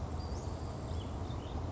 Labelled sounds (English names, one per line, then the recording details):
Grasshopper Sparrow
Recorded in Sonoma County, California